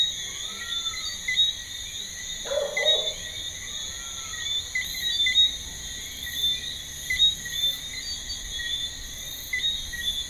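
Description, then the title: Crickets trill steadily in high continuous bands, with short chirps throughout, a brief lower burst of sound and two faint sliding whistles. Evening garden recording on the outskirts of Ajoupa-Bouillon, Martinique, 8.25 PM, 7 March 2016; Sony PCM D50, FEL preamp, RODE NT4. "Martinique: Frogs and crickets in Ajoupa-Bouillon"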